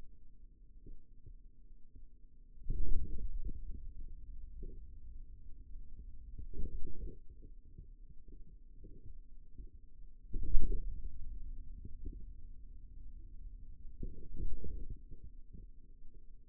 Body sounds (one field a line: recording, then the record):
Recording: forearm muscle sounds (acoustic myography)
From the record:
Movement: radial deviation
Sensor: system 2, bracelet of six BSWA MPA416 microphones around the upper forearm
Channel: 3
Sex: male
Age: 22 years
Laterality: right